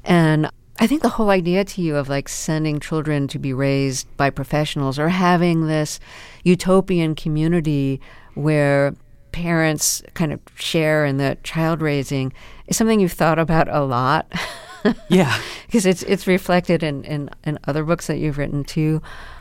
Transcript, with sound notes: And I think the whole idea to you of, like, sending children to be raised by professionals or having this utopian community where parents kind of share in the child raising is something you've thought about a lot (laughter).
Yeah.
Because it's reflected in other books that you've written, too.